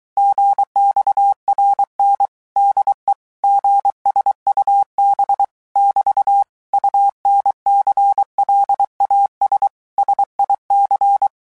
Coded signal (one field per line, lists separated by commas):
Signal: Morse code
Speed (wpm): 23 wpm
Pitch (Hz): 800 Hz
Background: none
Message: GXRN DE GSUB <BT> UNCLAS SIC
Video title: Royal Navy Radio Operators Submarines